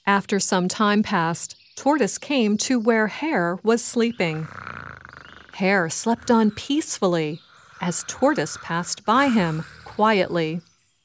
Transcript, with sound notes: After some time passed, Tortoise came to where Hare was sleeping. (snoring) Hare slept on peacefully as Tortoise passed by him quietly.